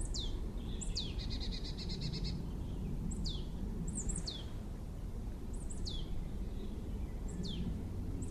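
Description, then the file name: Marsh tit calling: sharp, high, downward-slurred notes with a nasal buzzy series early on, then several more spaced downward notes, over a continuous low rumble. "Poecile palustris"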